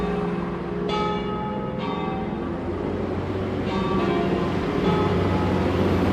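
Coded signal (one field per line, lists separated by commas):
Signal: bell signal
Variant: church bells, battiore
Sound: several church bell strikes ringing out over steady outdoor background noise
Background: traffic noise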